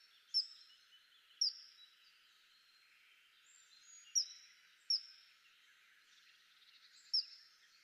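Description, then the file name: Common kingfisher giving five sharp, high whistled calls at irregular intervals over a faint hiss of background noise. "Kungsfiskare"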